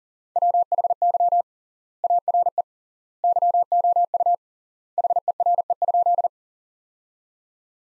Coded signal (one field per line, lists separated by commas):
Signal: Morse code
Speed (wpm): 40 wpm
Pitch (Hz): 700 Hz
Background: none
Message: WHY ARE YOU HERE?